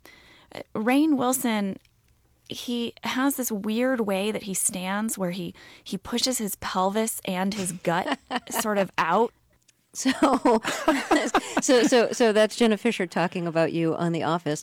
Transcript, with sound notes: Rainn Wilson - he has this weird way that he stands where he pushes his pelvis and his gut sort of out.
(LAUGHTER)
So that's Jenna Fischer talking about you on "The Office."